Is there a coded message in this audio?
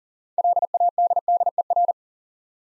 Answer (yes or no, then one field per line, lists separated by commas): yes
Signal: Morse code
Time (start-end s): 0.4-1.9 s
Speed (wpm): 43 wpm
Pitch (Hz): 700 Hz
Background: none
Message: LADDER